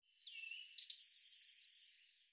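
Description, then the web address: Bird song: a faint lower note, then a thin high whistle and a quick trill of about nine bright pulses that fades out, followed by silence. "cianscape birddata Deverinetal 2025 File cleaned normalized Bird Cy Ca"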